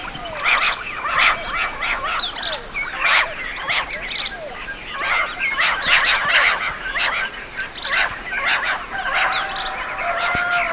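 Dense chorus of birds chirping continuously, bursts of warbled and twittering notes rising and falling in loudness throughout.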